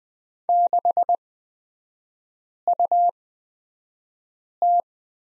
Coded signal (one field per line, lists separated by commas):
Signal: Morse code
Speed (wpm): 20 wpm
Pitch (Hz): 700 Hz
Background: none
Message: 6UT